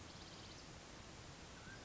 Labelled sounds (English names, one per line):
Mountain Quail